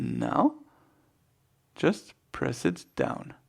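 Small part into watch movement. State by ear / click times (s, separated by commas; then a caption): not seated / none. A small metal part is being repositioned and pressed down into a chronograph movement, the world's first automatic chronograph, while someone talks in short bursts with quiet pauses between. Nothing has seated or clicked yet.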